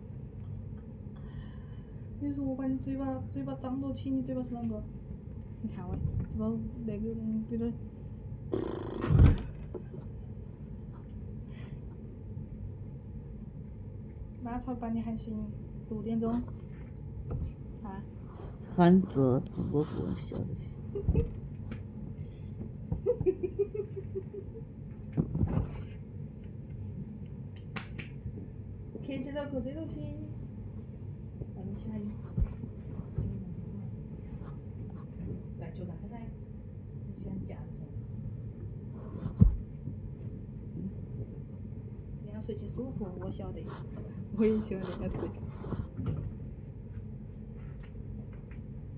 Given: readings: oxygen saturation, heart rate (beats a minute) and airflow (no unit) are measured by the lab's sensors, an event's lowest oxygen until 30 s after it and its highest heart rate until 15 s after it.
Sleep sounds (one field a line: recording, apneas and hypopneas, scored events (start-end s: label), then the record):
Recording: a person awake in a sleep study, by a smartphone at the bedside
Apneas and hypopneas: none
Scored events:
0.00-48.98 s: awake
0.00-48.98 s: awake
From the record:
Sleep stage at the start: awake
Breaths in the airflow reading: 18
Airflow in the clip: -0.7 to 0.7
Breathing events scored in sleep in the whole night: 496 in 5.4 hours asleep